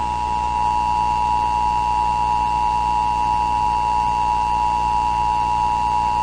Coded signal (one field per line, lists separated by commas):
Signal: Emergency Alert System (SAME) tones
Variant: 853 and 960 Hz attention tone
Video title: Bait and Switch - An EAS Short